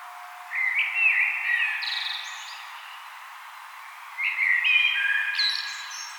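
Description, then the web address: Common blackbird singing two melodious phrases separated by a pause, each starting low and fluty and finishing with a thin, high twittering tail. "vogelstimmen amsel gesang nabu lars lachmann"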